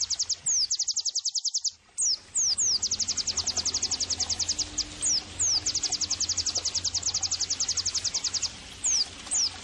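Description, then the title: White-eye singing: a brief high trill, a short gap, then long shrill rattling trills punctuated by several swift descending whistles. Pleci singing actively (gacor), used as therapy and bird-training (masteran) audio. "Pleci Gacor. terapi pleci dextro 87 plus masteran kenari sahdu OmAcuz Dextro87 channel"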